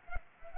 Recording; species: mosquito wingbeat signal from an infrared sensor; Culex pipiens